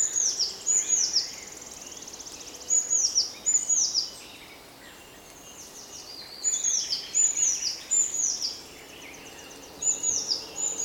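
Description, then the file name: Eurasian blue tit calling busily, strings of high, thin, downslurred notes in repeated clusters, with a short lull midway and a light hiss underneath. "Cyanistes caeruleus"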